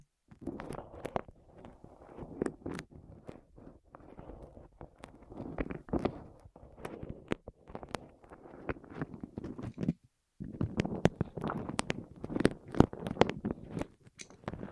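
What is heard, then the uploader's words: Rolling on the ears, ASMR style, with soft rumbling rubs and dense crackly texture under many sharp clicks and taps. The sound moves in uneven bursts, goes silent briefly near ten seconds, then returns busier and brighter. ASMR Rolling On Your Ears (No Talking).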